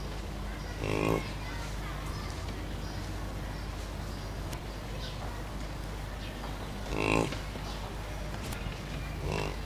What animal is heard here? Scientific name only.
Bison bison